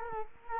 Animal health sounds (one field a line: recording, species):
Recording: mosquito wingbeat signal from an infrared sensor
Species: Culex quinquefasciatus